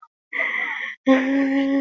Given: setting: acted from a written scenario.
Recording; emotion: vocal sound without words; guilt